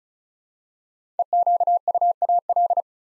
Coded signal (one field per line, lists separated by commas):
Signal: Morse code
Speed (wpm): 36 wpm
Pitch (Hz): 700 Hz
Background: none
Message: EQUAL